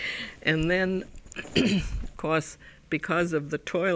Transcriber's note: she clears her throat